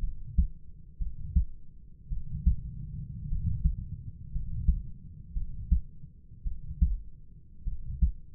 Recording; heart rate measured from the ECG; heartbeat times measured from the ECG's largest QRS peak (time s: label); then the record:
heart sounds by stethoscope; 55 bpm
0.00 s: heartbeat
0.98 s: heartbeat
2.09 s: heartbeat
3.29 s: heartbeat
4.32 s: heartbeat
5.34 s: heartbeat
6.44 s: heartbeat
7.64 s: heartbeat
From the record:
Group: healthy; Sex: male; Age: 25 years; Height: 170 cm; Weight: 70.4 kg